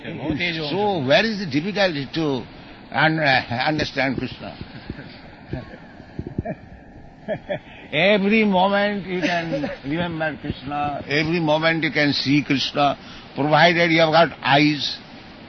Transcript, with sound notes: So where is the difficulty to understand Kṛṣṇa? [laughs] Every moment you can remember Kṛṣṇa. Every moment you can see Kṛṣṇa, provided you have got eyes.